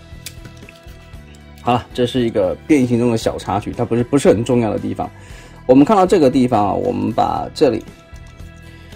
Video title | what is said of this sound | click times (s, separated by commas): 王蜂騎士 CE 01 KING BEE KNIGHT 大黃蜂電影 大黃蜂 玩具開箱 | 它给有一个凸跟凹的一个结合，扣上去。 | 0.3 s